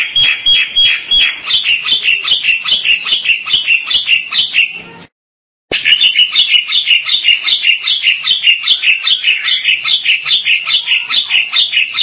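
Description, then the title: Bali myna song of quick, repeated chirping notes, with a clear high whistle at the start, a brief silent break midway, then the rapid chirping resumes. "Jalak Bali"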